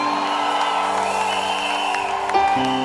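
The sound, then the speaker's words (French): An audience shouts for joy, a dense, steady wash of many voices cheering together, with a few higher whoops rising briefly above the sustained roar. “Que quelqu'un pousse des cris de joie.”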